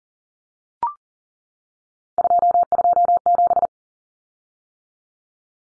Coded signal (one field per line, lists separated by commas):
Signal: Morse code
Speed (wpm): 40 wpm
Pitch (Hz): 700 Hz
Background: none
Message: 227